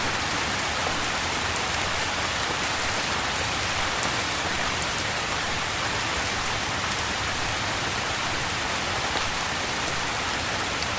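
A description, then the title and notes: Rain falls steadily in a dense, even patter, with countless small drops landing on a surface. The hiss stays bright and unchanging for the whole stretch, with a soft low rumble underneath and no distinct separate events. The gentle patter of raindrops. This episode features only natural soundscapes with no dialogue or voice.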